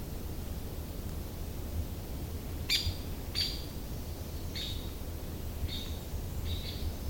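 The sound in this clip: Downy woodpecker giving five sharp, high pik notes, loosely spaced about a second apart, against steady low-pitched background rumble.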